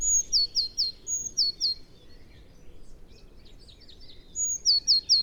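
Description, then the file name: Eurasian blue tit calling in high, thin phrases. A sharp note leads into a fast string of falling notes, with a gap in the middle. Steady low rumble beneath. "Cyanistes caeruleus"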